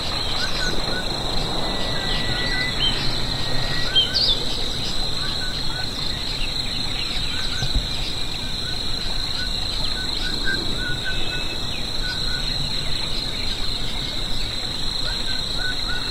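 Open countryside with a steady high insect drone, scattered faint bird chirps throughout, and a soft low rumble of wind or traffic.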